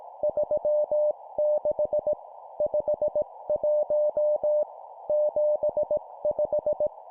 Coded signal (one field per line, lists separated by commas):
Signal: Morse code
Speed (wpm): 18 wpm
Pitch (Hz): 600 Hz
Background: none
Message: 36 51 75